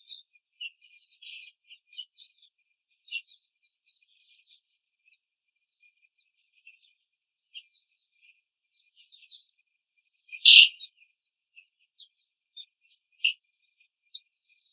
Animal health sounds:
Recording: young laying hens in a cage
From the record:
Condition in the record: control cage, before the stress test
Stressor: none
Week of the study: 4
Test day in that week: 1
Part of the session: 4

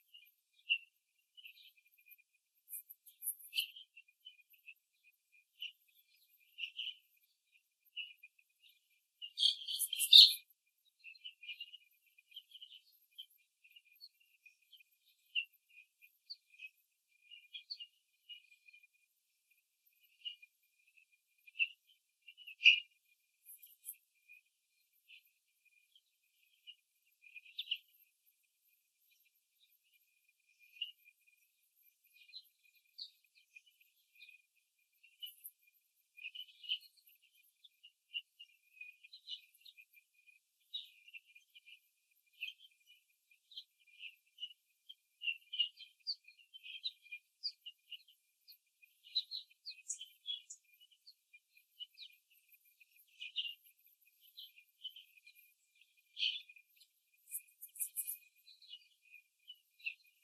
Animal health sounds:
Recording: young laying hens in a cage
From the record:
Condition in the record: after the stressor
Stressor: simulated dog barking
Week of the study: 3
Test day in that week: 1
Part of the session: 2

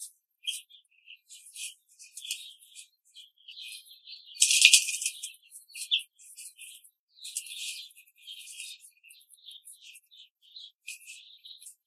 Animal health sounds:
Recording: young laying hens in a cage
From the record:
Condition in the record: control cage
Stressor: none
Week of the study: 5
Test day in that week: 1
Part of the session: 1

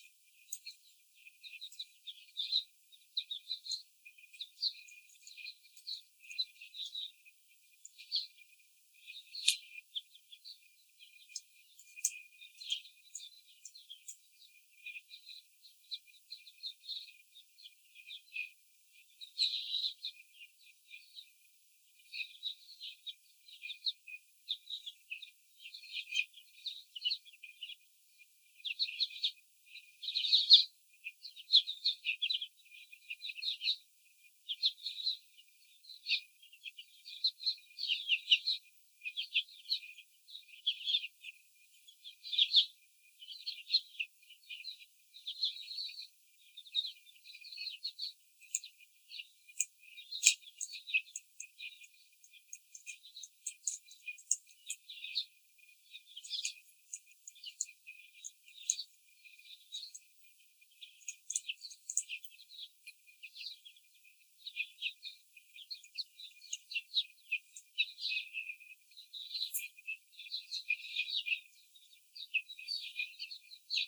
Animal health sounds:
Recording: young laying hens in a cage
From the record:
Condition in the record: after the stressor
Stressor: simulated dog barking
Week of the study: 4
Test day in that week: 2

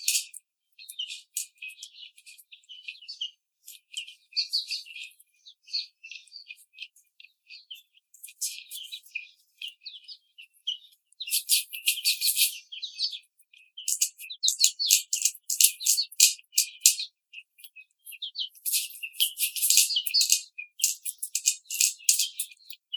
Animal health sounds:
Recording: young laying hens in a cage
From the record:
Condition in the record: treatment cage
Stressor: simulated dog barking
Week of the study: 5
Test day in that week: 1

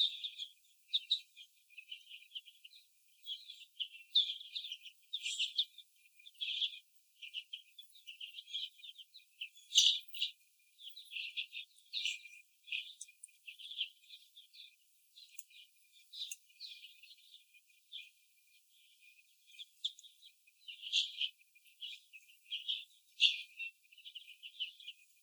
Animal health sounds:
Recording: young laying hens in a cage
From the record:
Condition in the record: after the stressor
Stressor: sudden umbrella opening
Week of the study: 2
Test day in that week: 1

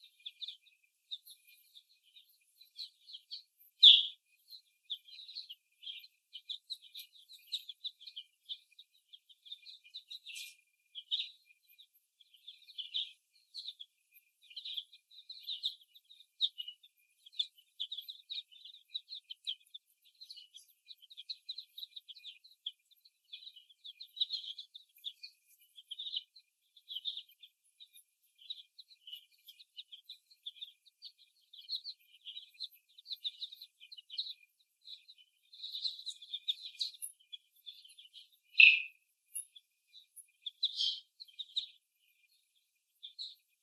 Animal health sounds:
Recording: young laying hens in a cage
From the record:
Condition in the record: after the stressor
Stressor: simulated dog barking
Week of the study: 1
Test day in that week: 1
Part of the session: 2

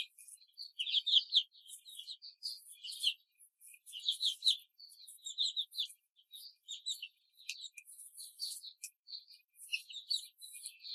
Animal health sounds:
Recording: young laying hens in a cage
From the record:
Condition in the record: control cage, before the stress test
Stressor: none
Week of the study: 4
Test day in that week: 3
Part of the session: 1

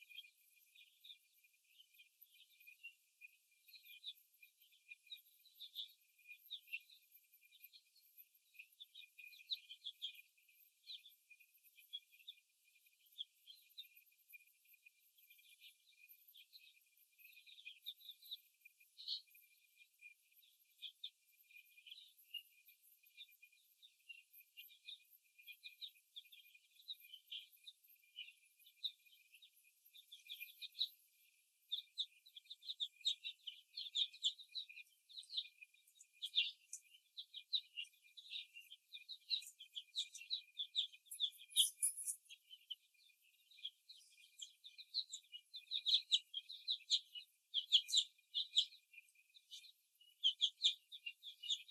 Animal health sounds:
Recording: young laying hens in a cage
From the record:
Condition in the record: before the stressor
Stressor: simulated dog barking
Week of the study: 1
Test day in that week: 2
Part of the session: 1

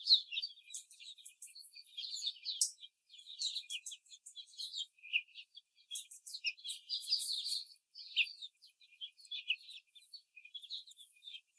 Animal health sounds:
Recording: young laying hens in a cage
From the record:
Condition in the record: before the stressor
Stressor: simulated dog barking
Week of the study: 4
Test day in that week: 3

